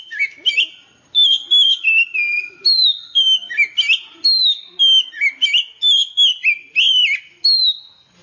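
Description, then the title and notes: Oriental magpie-robin song of clear whistled notes, some sliding up and some down, given in a steady run of short phrases. "suara kacer. kumpulan suara burung kacer"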